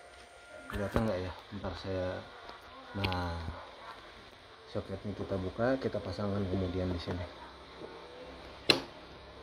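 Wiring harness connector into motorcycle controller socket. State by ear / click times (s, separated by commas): seated / 8.7 s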